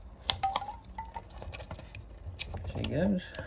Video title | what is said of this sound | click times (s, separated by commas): Repairing the lift glass button on a Jeep Grand Cherokee 4.7L | and it should all click into place she goes | 0.3 s